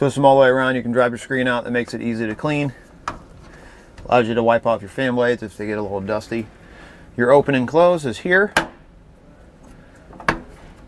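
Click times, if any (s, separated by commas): 10.3 s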